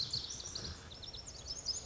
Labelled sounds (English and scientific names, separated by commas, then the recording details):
Lazuli Bunting (Passerina amoena)
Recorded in Sonoma County, California